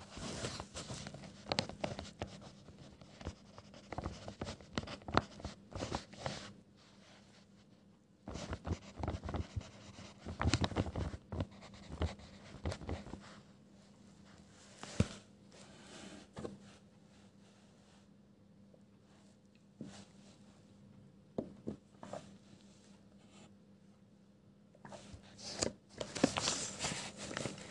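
A pencil scribbles on paper in quick, scratchy bursts of strokes, busiest at the start, around 8 to 13 seconds, and again near the end. Quieter stretches fall between, with sparse taps and short scratches over a faint, steady low hum.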